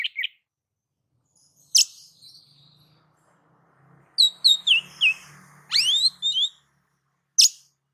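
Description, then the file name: Oriental magpie-robin song with a harsh note, then a run of bright stepped whistles and sweeping upslurs, ending in another harsh note; faint low hum underneath. "Suara-Kacer-Versi-7"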